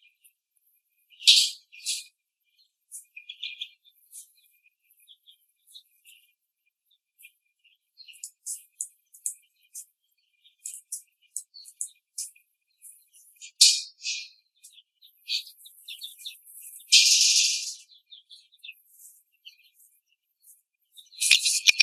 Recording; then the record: young laying hens in a cage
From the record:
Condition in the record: after the stressor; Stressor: simulated dog barking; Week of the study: 3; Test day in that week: 1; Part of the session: 4